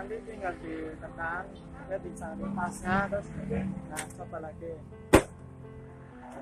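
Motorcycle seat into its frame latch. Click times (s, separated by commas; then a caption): 5.1 s. A Jupiter Z motorcycle seat is pressed down into its frame latch while someone talks. One sharp snap is heard at 5.1 seconds as the latch locks and the seat is seated.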